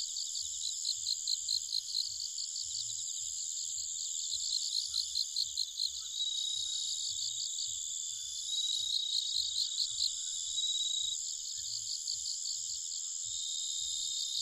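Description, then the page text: Bell cricket song: trains of high, rapidly pulsed chirps and short ringing notes over a dense, steady insect chorus. Nikko, Japan; 1 October 2011, at night, 21:48. "Homoeogryllus japonicus [Sounds -Nikko Today-]"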